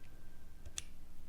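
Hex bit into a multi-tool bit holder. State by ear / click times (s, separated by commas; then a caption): seated / 0.8 s. A hex bit is pushed back into its slot in a camping multi-tool's bit holder, where a magnet holds it. A faint knock at 0.7 s comes before a sharp, bright click at 0.8 s as the bit seats in place.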